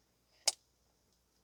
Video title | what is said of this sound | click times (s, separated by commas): 2015 Toyota Sienna AWD 3.5 V6 - 12 Volt Power Outlet Socket Replacement - Part 2 | You should hear that click or snap into place. | 0.5 s